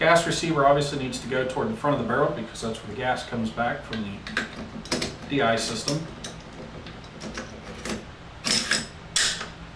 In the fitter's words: it all forward until it snaps in place just like that